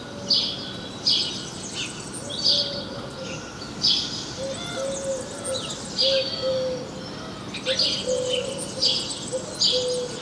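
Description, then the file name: House sparrow chirps in rough clusters throughout, over faint lower tonal notes. "Passer domesticus"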